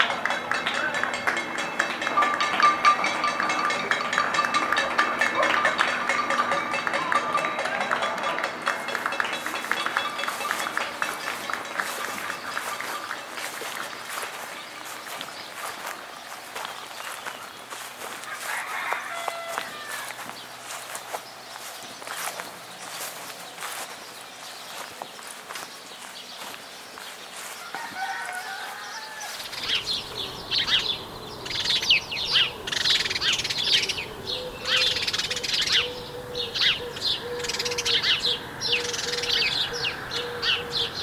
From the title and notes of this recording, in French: Sons enregistrés à Clermont-Ferrand pendant le confinement, lors de plusieurs sorties dans un périmètre de 1km.